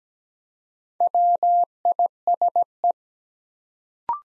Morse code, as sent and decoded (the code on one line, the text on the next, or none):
.-- .. ... .
WISE